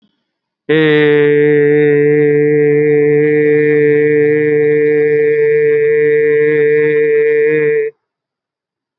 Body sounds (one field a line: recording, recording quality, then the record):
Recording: sustained vowel as in made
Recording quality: excellent, no background noise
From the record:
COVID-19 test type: RT-PCR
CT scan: not taken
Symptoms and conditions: diabetes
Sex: male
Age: 34 years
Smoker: no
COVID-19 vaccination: both doses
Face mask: worn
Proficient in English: yes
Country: India